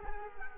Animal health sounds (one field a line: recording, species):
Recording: mosquito wingbeat signal from an infrared sensor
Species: Culex quinquefasciatus